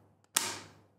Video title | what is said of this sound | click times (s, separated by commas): Série P - FOTRIC - Guide d’utilisation de la caméra thermique | and go all the way until I hear the click. | 0.4 s